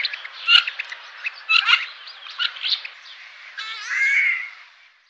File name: Mandarinand